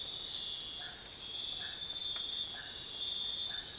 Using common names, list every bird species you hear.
none